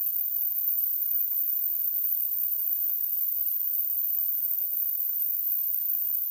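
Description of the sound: Simulated tinnitus: a steady, continuous high-pitched hiss like static, with most of its energy above about 2 kHz and a faint thin tone near the very top of the range, unchanging throughout.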